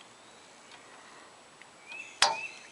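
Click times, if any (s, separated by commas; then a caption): 2.2 s. A valve core removal tool is pressed onto a Schrader valve on a car AC service port and turned gently under light pressure, with a faint tick at about 1.6 s. A sharp click at 2.2 s marks the tool's slot dropping into and locking with the slot on top of the metal valve core, so the tool is seated.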